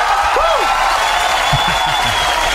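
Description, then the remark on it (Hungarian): A recorded applause sound effect: a crowd applauding steadily throughout, a dense wash of clapping with a short rising-and-falling whistle early on and a few low whoops from the audience. “Hey, de ügyes vagy, várjál, keresek neked egy tapsot. Megvan.”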